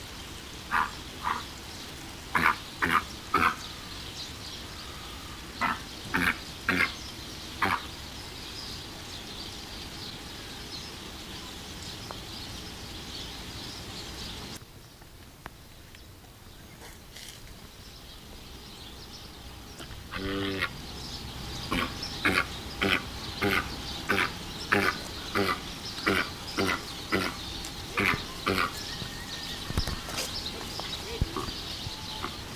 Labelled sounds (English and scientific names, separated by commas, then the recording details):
Great White Pelican (Pelecanus onocrotalus) call
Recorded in captivity
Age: adult
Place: Tiergarten Heidelberg, Baden-Württemberg, DE
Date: 2000-09-27 17:55
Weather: bedeckt, leichter Regen, 16 - 17°C
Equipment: Nagra SN, Kopie Uher 4000 Report Monitor
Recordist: Tembrock, Günter
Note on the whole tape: Zwei Lautformen (wohl agonistisch; Einnahme der Ruheplätze). Technische Probleme (Mikrofonkabel) bei Ansagen